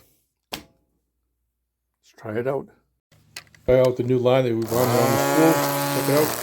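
A battery pack is pushed back into the plastic housing of a Worx cordless string trimmer after a spool change, giving one sharp thunk at 0.5 s as it latches and seats. Someone then talks, and music comes in from about 3.7 s.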